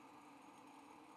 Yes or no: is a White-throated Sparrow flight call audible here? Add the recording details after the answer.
no. No flight call is heard. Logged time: 09:52 on 5 December 2014